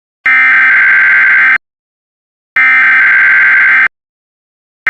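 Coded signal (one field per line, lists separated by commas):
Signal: Emergency Alert System (SAME) tones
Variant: header bursts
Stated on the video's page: Recreated mock tornado drill alert.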